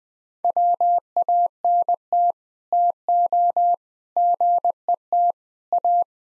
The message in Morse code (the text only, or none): WANT TO GET A